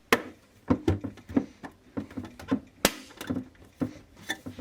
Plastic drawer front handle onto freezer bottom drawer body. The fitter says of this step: you'll hear a click when everything is connected properly